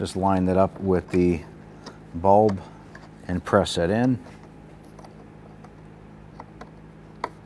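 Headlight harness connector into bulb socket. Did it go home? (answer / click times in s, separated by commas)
yes / 7.2 s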